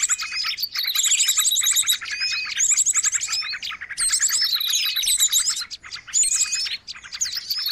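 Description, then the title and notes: Birds in a dense, noisy chorus of high chirps, rapid trills and whistled slurs, with short bursts of fast ticking notes and a few brief dips. Long-duration noisy bird sounds used as a lure for catching birds; master training audio. "Master Burung Ribut Durasi Panjang. Burung Ribut Pikat"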